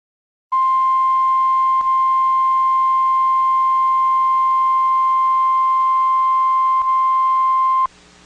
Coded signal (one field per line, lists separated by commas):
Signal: Emergency Alert System (SAME) tones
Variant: 1050 Hz attention tone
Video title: THAT'S AMBER Alert OR SEVERES... EAS Alerts from 7/25/25 (EAS#4,423 - 4,444)